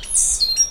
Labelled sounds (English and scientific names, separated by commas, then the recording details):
Stitchbird (Notiomystis cincta) song
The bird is a male
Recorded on Tiritiri Matangi Island, New Zealand, in 2005
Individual 10, of nest box 12